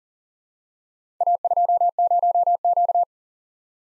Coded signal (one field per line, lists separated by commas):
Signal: Morse code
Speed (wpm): 41 wpm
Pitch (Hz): 700 Hz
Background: none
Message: A20Q